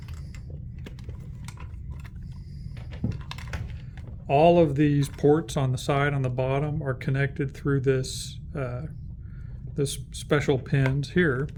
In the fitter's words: lift this up and it snaps into place and it's held very securely in the dock